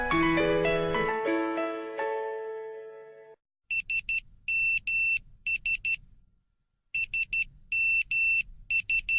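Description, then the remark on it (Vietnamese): A phone rings for an incoming call with a bright electronic ringtone: rapid, high trilling beeps in short repeated bursts that pause and then start again, after a fading musical chord. “Duy is calling.”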